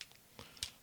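A handheld Nintendo Switch 2 game controller is pushed into a plastic lanyard adapter used as a mouse, with a small pin that pops in. Faint plastic ticks and rubs lead up to a sharp plastic snap at 0.6 s, and the controller is seated in the adapter.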